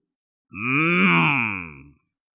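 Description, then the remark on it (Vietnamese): A single deep, drawn-out bellow about a second and a half long, loud and rough, with a low rising-then-falling pitch, from a large blue-black bull water buffalo lowing on its own in a village courtyard. “Một tiếng trâu mộng rống vang làm rung động cả thôn làng.”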